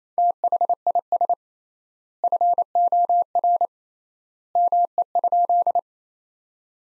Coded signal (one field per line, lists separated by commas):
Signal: Morse code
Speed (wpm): 28 wpm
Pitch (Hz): 700 Hz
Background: none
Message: THIS FOR ME?